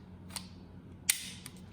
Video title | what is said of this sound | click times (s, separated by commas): Walther P99 and P99 Compact Review! | when you load the magazine in it, you're going to want to wait for when you can hear it seat. | 1.1 s